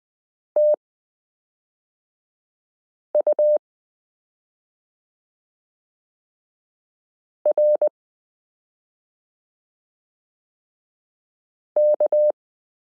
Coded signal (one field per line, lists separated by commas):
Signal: Morse code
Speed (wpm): 20 wpm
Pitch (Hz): 600 Hz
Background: none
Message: TURK